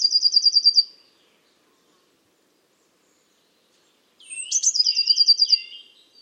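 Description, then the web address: Eurasian blue tit: a quick rattling trill at the start, then after a long quiet gap a sharp high note, lower slurred notes and another rapid trill. "Deverinetal 2025 File origin Bird Only Cy Ca"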